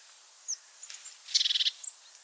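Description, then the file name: Eurasian wren: one short, rapid pulsed rattle of about a third of a second, flanked by faint high ticking notes. "Troglodytes troglodytes"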